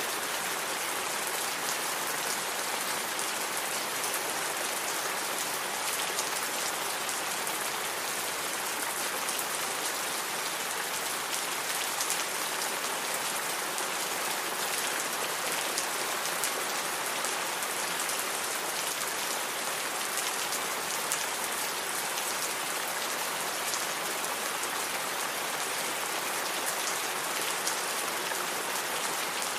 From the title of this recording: Satisfying Rain Sounds